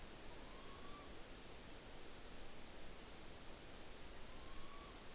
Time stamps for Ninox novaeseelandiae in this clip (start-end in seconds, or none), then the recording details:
0.19-1.16, 4.06-5.01. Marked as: faintness 3/5. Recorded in New Zealand on 9 October 2013. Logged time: 17:00. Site Ponui